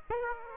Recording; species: mosquito wingbeat signal from an infrared sensor; Aedes aegypti